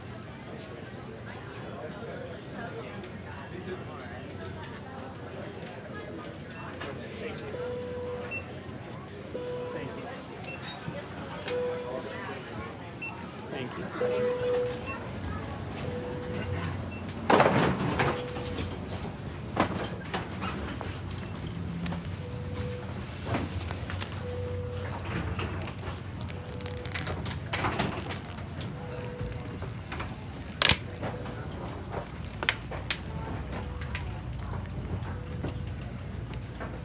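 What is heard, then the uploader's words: Busy indoor murmur at an airport gate, with scattered voices over a steady low rumble. A short repeating electronic beep sounds in regular pulses from about 7 to 33 seconds. Louder bumps and clatters stand out near 17 and 30 seconds. It’s a bit too loud to record properly from my phone during takeoff and in the air, so I removed those bits. From the departure gate at Sky Harbor International Airport until I get seated on the plane and we are taxi’ing to the runway.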